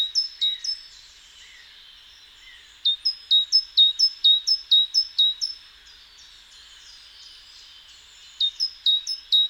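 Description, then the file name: Great tit song: bursts of sharp, high, downslurred notes repeated rapidly in series, with a few soft lower chirps between bursts. "Parus major"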